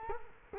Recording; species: mosquito wingbeat signal from an infrared sensor; Culex quinquefasciatus